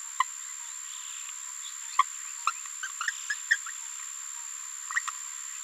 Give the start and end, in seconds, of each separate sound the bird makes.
0.20-0.23, 1.99-2.03, 2.47-2.51, 3.08-3.10, 3.30-3.34, 3.50-3.56